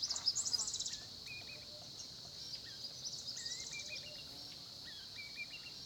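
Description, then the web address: Crickets trilling in a steady, dense high-pitched chorus, with brief whistled bird notes scattered over it and a louder burst of chirping at the start. Crickets recorded by a small pond at Olifants, Kruger, South Africa, at 10:30 am. "Tonschliff - SOUTH AFRICAN CRICKETS BG South Africa Kruger Olifants 1030 am small pond"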